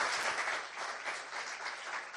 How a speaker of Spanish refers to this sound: Entonces, tribútele un aplauso fuerte al Señor en esta mañana.